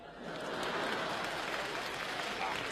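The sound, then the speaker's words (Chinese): An audience at a comic crosstalk performance applauds steadily, a dense wash of clapping that swells in the first half-second and then holds at an even, fairly loud level with no voices standing out. “哎呀，你听听这掌声啊，这多好，观众喜欢呢。”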